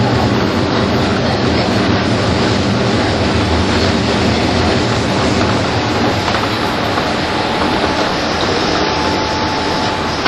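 A train ride between Tokyo and Takao, heard as a dense, unbroken roar of running noise for the full ten seconds. Low rumble and rushing hiss hold at a constant loudness, and a faint, thin whine surfaces in the second half.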